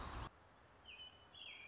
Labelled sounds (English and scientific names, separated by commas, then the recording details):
American Robin (Turdus migratorius)
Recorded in Sonoma County, California